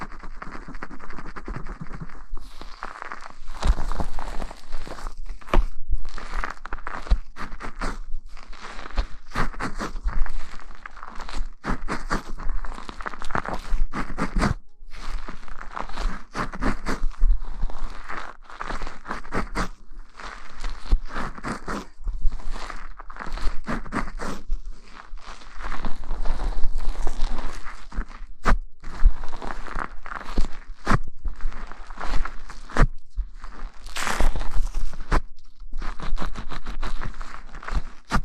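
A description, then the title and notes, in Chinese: Hair being washed with shampoo and a scalp being scratched and massaged, a dense, wet, crackly rubbing that runs nearly the whole time. The scratching comes in quick, irregular strokes with brief pauses, bright and sharp. A few louder pops stand out around 15 and 34 seconds. ASMR洗头助眠 发廊的姐姐shampoo wash hair 耳边轻语 角色扮演 中文剧情 泡沫触发音 头部按摩抓头皮。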